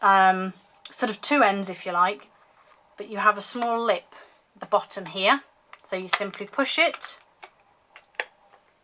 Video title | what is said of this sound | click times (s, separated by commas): Sunday Showcase - A Foxy Suite. | open it slide it and it will click in place and then it doesn't fall all over the place | 8.2 s